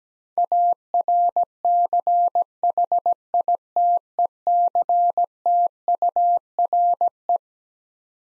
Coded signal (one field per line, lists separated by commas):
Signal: Morse code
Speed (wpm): 17 wpm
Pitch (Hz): 700 Hz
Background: none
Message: ARCHITECTURE